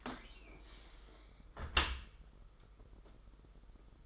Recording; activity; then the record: daily activity, microphone in the room; close dishwasher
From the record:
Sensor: 5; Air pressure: 991.5 hPa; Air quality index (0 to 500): 117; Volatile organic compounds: 37 ppm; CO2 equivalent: 3104 ppm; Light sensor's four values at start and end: 39/125/47/51 and 39/124/47/50